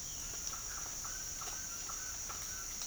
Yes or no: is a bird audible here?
yes